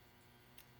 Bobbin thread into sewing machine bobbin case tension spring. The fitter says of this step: on the bobbin case into the spring and till it clicks.